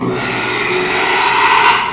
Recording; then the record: squeal of a Yucatan mini pig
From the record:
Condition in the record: after surgery on the right vocal fold (resection and tissue-engineered implant); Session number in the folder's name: 1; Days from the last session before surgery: 6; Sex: male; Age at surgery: 12 weeks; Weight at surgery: 13 kg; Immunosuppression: cyclosporine, prednisolone